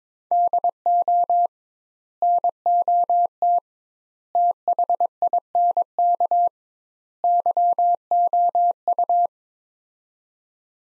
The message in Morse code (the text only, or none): DO NOT THINK YOU